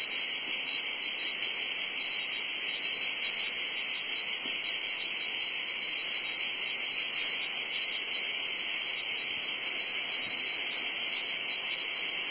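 Cicada chorus: a continuous shrill buzz, even in loudness and pitch throughout, with no pauses.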